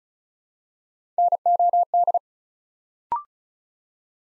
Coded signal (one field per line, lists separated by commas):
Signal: Morse code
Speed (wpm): 36 wpm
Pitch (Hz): 700 Hz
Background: none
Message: NOD